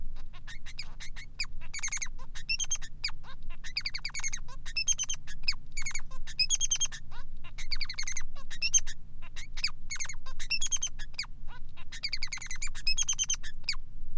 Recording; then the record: song of a male Bengalese finch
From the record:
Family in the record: son of father 3